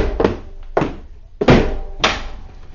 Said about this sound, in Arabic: إذن أفتحه أنا. انتظر يا من تطرق الباب، انتظر.